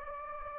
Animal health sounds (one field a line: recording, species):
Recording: mosquito wingbeat signal from an infrared sensor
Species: Anopheles gambiae